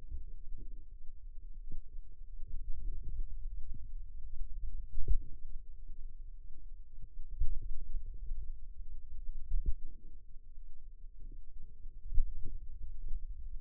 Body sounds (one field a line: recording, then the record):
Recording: forearm muscle sounds (acoustic myography)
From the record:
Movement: finger pinch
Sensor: system 2, bracelet of six BSWA MPA416 microphones around the upper forearm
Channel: 6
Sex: female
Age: 22 years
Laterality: right